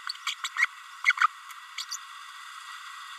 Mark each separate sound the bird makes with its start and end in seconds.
0.26-0.34, 0.43-0.48, 0.57-0.66, 1.05-1.13, 1.20-1.26, 1.78-1.85, 1.91-1.97